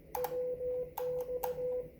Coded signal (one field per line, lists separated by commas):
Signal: Morse code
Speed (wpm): 16 wpm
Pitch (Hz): 500 Hz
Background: none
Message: WX